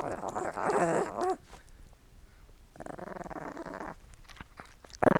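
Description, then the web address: Small dog growling in rough, low rumbles, then a quieter stretch of growling with scattered clicking sounds. Small dog, growling and licking. "Sony Pictures Sound Effects Series Volume 1 Animals Dog Small Growling Licking"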